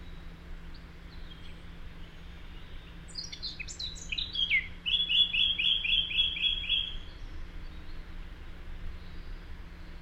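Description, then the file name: Eurasian blackcap singing one phrase: a few high scratchy notes open into a rapid run of bright, evenly repeated whistled notes, with a low background hum. "Sylvia atricapilla"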